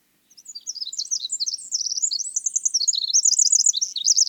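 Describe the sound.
Winter wren song: a long, rapid cascade of high tinkling trills and warbles, notes rising and falling without pause for about four seconds.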